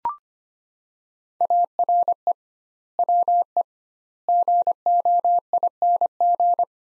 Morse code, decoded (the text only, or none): ARE WE GOING